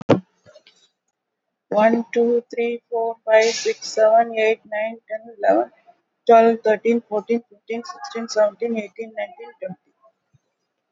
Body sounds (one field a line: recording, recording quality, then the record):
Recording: counting at a fast pace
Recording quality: moderate, slight background noise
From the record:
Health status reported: recovered from COVID-19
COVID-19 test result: positive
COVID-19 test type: RT-PCR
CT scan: taken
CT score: 12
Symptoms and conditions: cough, fever, fatigue, another condition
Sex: female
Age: 65 years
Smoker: no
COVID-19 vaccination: both doses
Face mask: not worn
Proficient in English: yes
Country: India